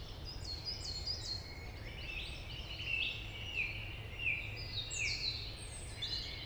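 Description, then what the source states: Song Thrush song: a short sharp note repeated several times at a steady pace, over a low background rumble. Route Forestière de la Meunaz, Montcel state forest, Montcel, Savoie, France; large forest frequented by thrushes and many other birds.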